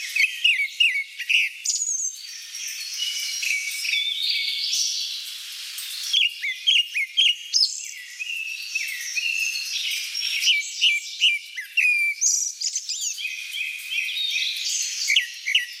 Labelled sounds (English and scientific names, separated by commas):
Grey-backed Thrush (Turdus hortulorum) song